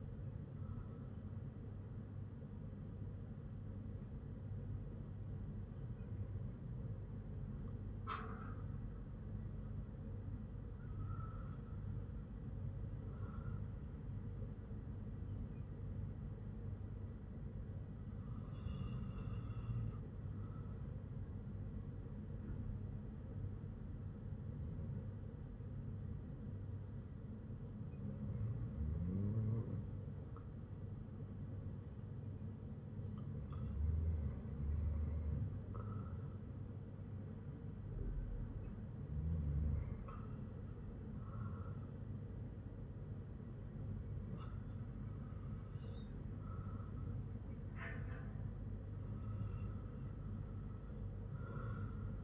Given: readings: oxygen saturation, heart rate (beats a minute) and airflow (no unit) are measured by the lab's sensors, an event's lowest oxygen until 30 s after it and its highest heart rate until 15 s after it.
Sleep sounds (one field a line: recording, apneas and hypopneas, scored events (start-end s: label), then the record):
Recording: breathing in sleep by a smartphone at the bedside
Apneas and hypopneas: 1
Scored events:
10.00-34.90 s: hypopnea (REM, oxygen 98% highest, then 95% lowest, heart rate 55 at the start, 59 highest)
From the record:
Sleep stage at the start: REM sleep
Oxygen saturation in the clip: 95 to 98%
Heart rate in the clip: 49 to 59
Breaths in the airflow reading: 10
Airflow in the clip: -4.3 to 4.9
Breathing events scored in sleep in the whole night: 182 in 7.4 hours asleep